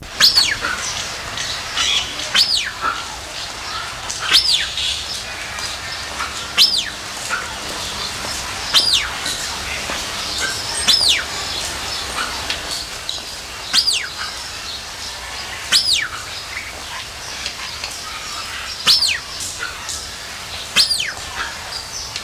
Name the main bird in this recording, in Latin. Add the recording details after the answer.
Crax fasciolata. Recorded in captivity. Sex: male. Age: adult. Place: Zoo Berlin, Berlin, DE. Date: 1999-08-23 16:07. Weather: wolkig, ca. 17-18°C. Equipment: Sony WM-D6C, Sennheiser ME 80, Kopie Uher 4000 Report Monitor. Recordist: Tembrock, Günter